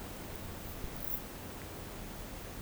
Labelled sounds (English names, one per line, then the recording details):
none
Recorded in pastures near Puerto Asís, Putumayo, Colombia, on 19 March 2025 at 10:00
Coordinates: 0.472, -76.329
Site G074